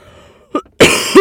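A brief soft catch of breath is followed by one loud, harsh, explosive cough that lasts under half a second, close to the microphone. It is a single dry-sounding cough from an adult woman with a slight cold.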